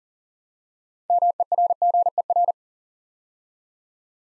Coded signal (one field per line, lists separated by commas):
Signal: Morse code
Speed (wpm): 42 wpm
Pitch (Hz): 700 Hz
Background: none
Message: MERGER